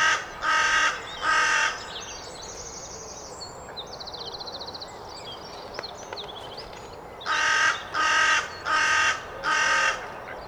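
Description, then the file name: Carrion crow cawing in two groups, two hoarse caws then four more after a quiet stretch where thin twittering and chirps of small birds are heard. "Corvus corone"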